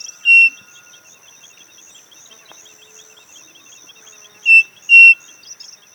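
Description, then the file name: Bird call with short bright whistled notes, one near the start and a quick pair near the end, over continuous high-pitched buzzing and trilling. "SABIOD 50 bird 2015"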